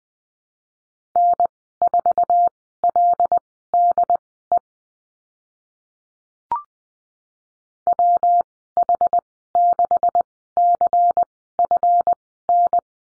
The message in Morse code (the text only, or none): N4LDE WH6CFN